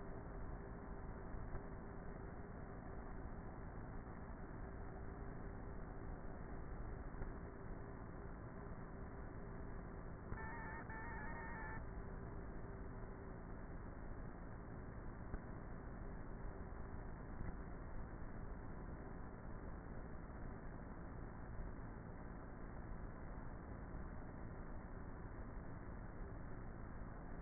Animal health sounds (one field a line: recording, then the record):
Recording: honeybee colony, microphone inside the hive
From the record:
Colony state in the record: queenless with a low population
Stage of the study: before two queens were removed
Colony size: about 30,000 bees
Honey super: no